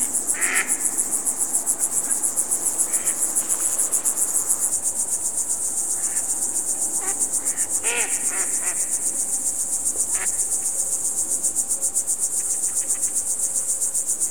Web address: best service Blue Box birds ducks frogs crickets